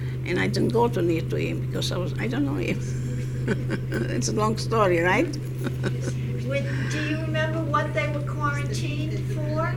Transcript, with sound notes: And I didn't go to meet to him, because I was, I don't know him. (she laughs) It's a long story, right?
Do you remember what they were quarantined for?